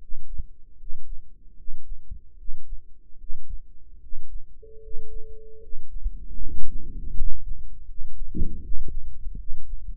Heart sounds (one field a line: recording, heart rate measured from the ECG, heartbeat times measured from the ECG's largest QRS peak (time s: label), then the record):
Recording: heart sounds by microphone in the right ear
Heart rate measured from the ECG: 77 bpm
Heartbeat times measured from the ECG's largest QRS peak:
0.76 s: heartbeat
1.55 s: heartbeat
2.36 s: heartbeat
3.17 s: heartbeat
3.99 s: heartbeat
4.80 s: heartbeat
5.59 s: heartbeat
6.39 s: heartbeat
7.13 s: heartbeat
7.85 s: heartbeat
8.60 s: heartbeat
9.36 s: heartbeat
From the record:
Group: healthy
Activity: rest 0-6 s, Valsalva maneuver 6-10 s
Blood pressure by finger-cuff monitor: 107/71 mmHg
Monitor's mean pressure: 78 mmHg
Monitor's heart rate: 74 bpm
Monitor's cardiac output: 6 L/min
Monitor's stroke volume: 83 mL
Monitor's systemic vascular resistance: 940 dyn s/cm5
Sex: male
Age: 35 years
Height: 180 cm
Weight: 86.9 kg